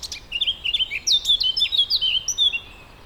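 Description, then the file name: Eurasian blackcap giving a rapid warble of high, varied notes and sweet whistles. "Sylvia atricapilla"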